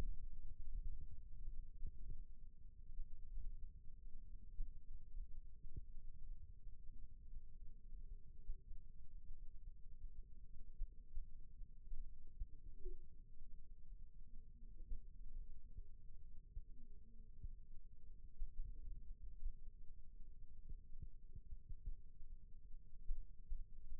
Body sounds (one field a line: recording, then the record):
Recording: forearm muscle sounds (acoustic myography)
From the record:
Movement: rest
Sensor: system 2, bracelet of six BSWA MPA416 microphones around the upper forearm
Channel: 1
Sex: male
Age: 22 years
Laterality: right